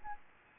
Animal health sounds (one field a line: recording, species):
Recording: mosquito wingbeat signal from an infrared sensor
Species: Aedes albopictus